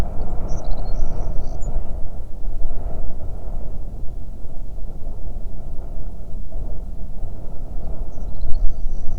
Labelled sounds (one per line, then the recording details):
songbird
wind
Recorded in the Prudhoe Bay oil fields, Alaska, on 9 June 2019 at 16:16
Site 21